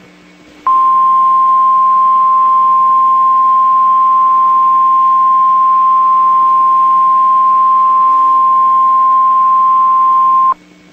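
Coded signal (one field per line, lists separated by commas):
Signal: Emergency Alert System (SAME) tones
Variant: 1050 Hz attention tone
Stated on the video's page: NOAA severe thunderstorm warning alert.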